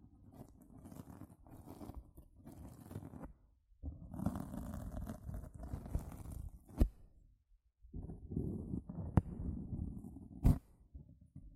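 A sponge is scratched and squished in three long bursts of dense, rough rubbing, with short silent gaps near 3.7 and 7.5 seconds. The scraping is mostly low and gritty. A few sharp clicks or snaps cut through near 6.8, 9.2 and 10.5 seconds.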